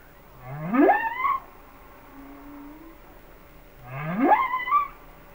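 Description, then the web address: Humpback whale song: two strong rising whoops climb from low to high pitch, with a faint low glide between them. "Whale Songs Sounds of Nature - Humpback Whales"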